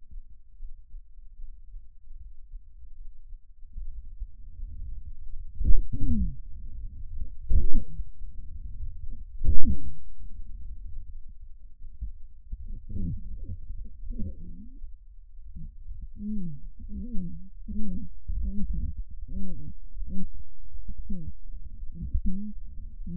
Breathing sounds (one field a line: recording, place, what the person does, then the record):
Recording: lung sounds by stethoscope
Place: left anterior apical chest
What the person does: quiet breathing, then cough and speech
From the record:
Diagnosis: interstitial lung disease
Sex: female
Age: 72 years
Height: 153 cm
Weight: 71 kg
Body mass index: 30.3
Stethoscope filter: bell mode